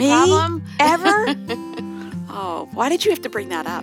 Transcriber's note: laughs